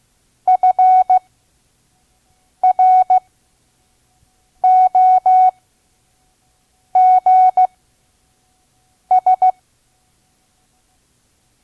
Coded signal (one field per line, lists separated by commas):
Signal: Morse code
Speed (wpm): 16 wpm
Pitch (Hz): 740 Hz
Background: none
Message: FROGS